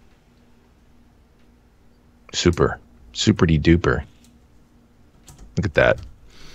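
An EVGA DDR4 memory module is handled at a motherboard DIMM slot while someone talks in short bursts, with faint brief ticks near 4.2 s and 5.3 s in the quiet gaps. Nothing has seated or clicked yet: the clip ends before the stick goes home and its retention latches snap shut.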